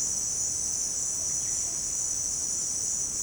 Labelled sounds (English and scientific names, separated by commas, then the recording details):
none
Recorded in pastures near Puerto Asís, Putumayo, Colombia, on 23 June 2025 at 17:00
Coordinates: 0.496, -76.326
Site GP01